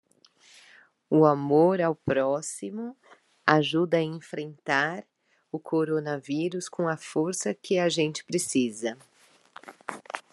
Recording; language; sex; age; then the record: spoken sentence; Brazilian Portuguese; female; 30 to 39 years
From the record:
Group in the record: control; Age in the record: 39 years